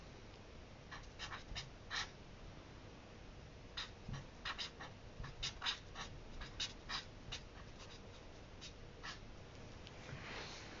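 Someone copying out a passage from a book by hand, the pen making short, bright scratching strokes in irregular bursts. The strokes cluster around the first two seconds and again from about four to seven seconds, ending with a longer rasping stroke. A low, steady hum runs underneath.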